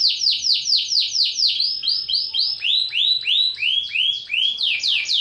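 Bird song made of arched, chirping notes repeated about four per second in a steady rolling series, shifting slightly in pitch.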